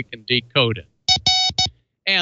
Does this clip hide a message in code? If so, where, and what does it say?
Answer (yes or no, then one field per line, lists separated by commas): no